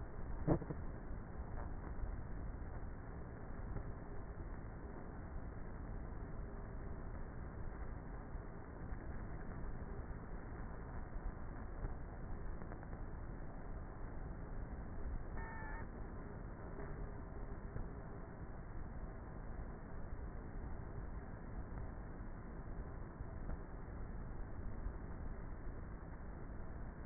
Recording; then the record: honeybee colony, microphone inside the hive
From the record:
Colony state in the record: queenless with a low population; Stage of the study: before two queens were removed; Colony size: about 30,000 bees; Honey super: no